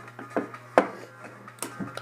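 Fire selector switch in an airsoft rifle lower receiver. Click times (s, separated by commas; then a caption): 0.8 s, 1.6 s. A fire selector switch on a King Arms airsoft replica rifle lower receiver is rotated by hand, giving a series of small mechanical taps and snaps. The switch clicks firmly into its detent positions at 0.8 s and 1.6 s, seating positively.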